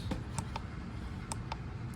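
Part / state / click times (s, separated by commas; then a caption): case front-panel cable connector into motherboard header / not seated / none. A front-panel case cable connector is handled while being fitted onto its motherboard header, with small sharp ticks at about 0.4, 0.6, 1.3 and 1.5 s over a steady low background hum. The connector has not seated or clicked into the header yet.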